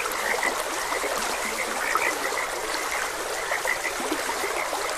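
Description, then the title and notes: Several frogs croak in quick, repeated pulses that blend into a chorus above the even wash of running water. Frogs croaking beside a gentle stream. "Frogs Croaking. Sleep and Relaxation Podcast"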